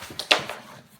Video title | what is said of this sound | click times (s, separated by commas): Review Guava Family Travel Crib includes Lightweight Backpack Design - Certified Baby Safe Portable | lock the four legs, which is as easy as pulling up on them, | 0.3 s